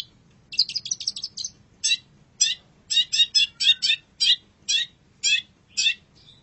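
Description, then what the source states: Long-tailed shrike song opening with a fast stuttering flurry, then harsh, high notes repeated roughly twice a second. Indonesian name cendet; labelled masteran, a tutor track for training birds.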